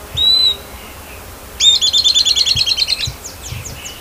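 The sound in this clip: Bird calling: a single high whistled note, then a rapid trill of many short repeated notes, followed by softer chirps.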